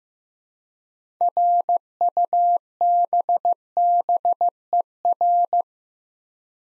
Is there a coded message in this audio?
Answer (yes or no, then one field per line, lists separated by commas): yes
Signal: Morse code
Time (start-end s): 1.2-5.6 s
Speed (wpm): 15 wpm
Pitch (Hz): 700 Hz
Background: none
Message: RUBBER